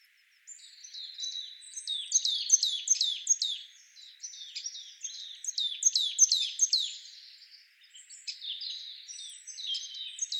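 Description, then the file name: Marsh tit calls: rapid runs of high, sharply falling chipping notes, repeated in busy bursts with brief pauses. "Poecile palustris"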